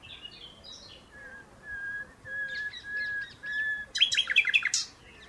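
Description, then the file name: Common nightingale song: a row of slow, pure whistled notes swelling in loudness, broken off by a sudden fast rattling trill. "Luscinia megarhynchos"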